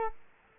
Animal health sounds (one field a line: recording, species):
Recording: mosquito wingbeat signal from an infrared sensor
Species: Culex quinquefasciatus